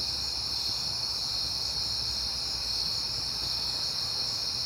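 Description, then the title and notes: Crickets trill steadily at a high pitch, holding the same level throughout. Crickets recorded at night in September, on a peaceful night. "Night Time: Crickets and Passing Cars. It is September and I have been hearing the crickets a lot, but finally had a peaceful night to make the recording"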